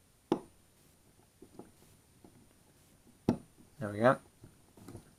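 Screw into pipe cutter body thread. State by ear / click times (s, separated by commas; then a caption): seated / 0.3 s, 3.3 s. A screw is turned into the threaded body of a pipe cutter, and its thread catches the start with a sharp click at 0.3 s. The click comes again at 3.3 s when the screw is turned again. In between there are faint ticks, and someone talks briefly near the end.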